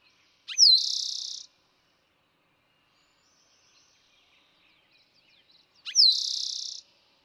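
Eastern towhee song given twice about five seconds apart, each a short note and slurred whistle followed by a buzzy trill, with faint bird chatter between.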